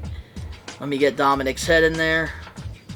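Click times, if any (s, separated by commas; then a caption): none. Someone talks while handling the plastic head of a small action figure, getting it ready to press onto the figure's neck peg. Brief handling sounds occur around 0.7 s and 2.9 s, but the head has not yet seated or clicked onto the peg by the end.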